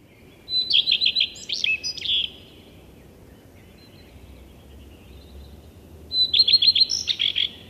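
Common Redstart song: two short, high phrases several seconds apart, each a quick run of repeated notes followed by a varied, twittering ending.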